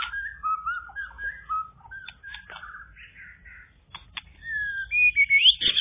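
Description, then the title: Bird song made of a string of short varied warbles and chirps, ending in louder sharp rising whistles. "kikicau"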